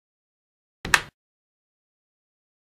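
A motorcycle helmet chin bar on an HJC IS-Multi 7 in 1 helmet is pushed into the groove on the helmet shell until it locks. Two sharp clicks are heard at 0.8 s and 0.9 s, followed by brief silence. The chin bar is seated.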